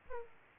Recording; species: mosquito wingbeat signal from an infrared sensor; Aedes aegypti